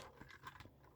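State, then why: Not seated. The left hand, a plastic part, is being handled onto the arm of a transforming robot toy assembled from flea-market parts. Short faint scratchy handling ticks are heard around 0.2, 0.5 and 0.6 seconds, but nothing has seated or clicked yet.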